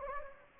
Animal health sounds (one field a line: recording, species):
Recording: mosquito wingbeat signal from an infrared sensor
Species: Anopheles gambiae